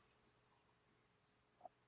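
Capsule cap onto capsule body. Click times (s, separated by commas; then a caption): 1.7 s. After the powder-filled gelatin capsule reaches its target weight, a compounder pushes the capsule cap onto the capsule body until the two halves snap together. Over a quiet, steady background, a single short, faint snap is heard at 1.7 s as the cap seats onto the body.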